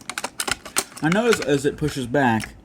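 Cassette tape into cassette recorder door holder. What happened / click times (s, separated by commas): The cassette is being handled and has not yet seated / none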